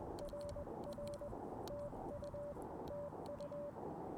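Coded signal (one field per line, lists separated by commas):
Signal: Morse code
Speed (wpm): 21 wpm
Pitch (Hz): 580 Hz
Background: radio noise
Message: RR TU TU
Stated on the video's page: CW Parks on the Air activation on an Elecraft KX2 with AX-1 antenna at 1 watt, later 5 watts.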